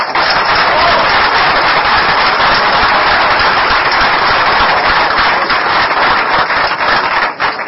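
A crowd applauds loudly and steadily, many hands clapping in a dense crackling wash that holds at full strength for several seconds before easing slightly at the very end.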